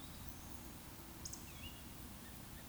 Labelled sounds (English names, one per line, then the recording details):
Eurasian Woodcock whistle
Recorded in Baden-Württemberg, Germany, on 19 June 2020 at 19:50 UTC
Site 44397, 226 m above sea level